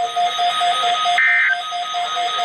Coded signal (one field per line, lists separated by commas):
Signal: Emergency Alert System (SAME) tones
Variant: end-of-message bursts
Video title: EAS #64-65- Required Weekly Test on KXI81 and KEC80- Radio Setup Requested by dondaplayer